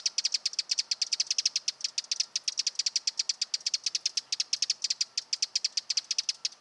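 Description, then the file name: Eurasian wren: loud, evenly spaced high notes repeated very quickly, forming a steady ticking trill throughout. Nominate subspecies Troglodytes troglodytes troglodytes. "Vogelstimme Zaunkoenig - Eurasian Wren - Troglodytes troglodytes troglodytes"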